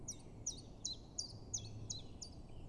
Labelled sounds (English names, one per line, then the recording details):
Common Chiffchaff
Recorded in Germany
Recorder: ecoPi